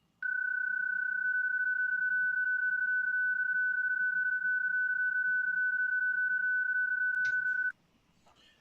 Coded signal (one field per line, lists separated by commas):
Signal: PSK31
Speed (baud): 31.25 baud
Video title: 🔴The Sights and Sounds of Ham Radio - Identifying Signals Visually and By Listening